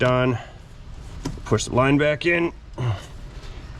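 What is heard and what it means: A metal transmission cooler line on a 2014 Cadillac SRX 3.6 is pushed back into its radiator quick-connect fitting, which uses a paper clip as the retaining clip. Someone talks, and one short, sharp click at 1.3 s marks the line seating. The line is then tugged to check that it holds.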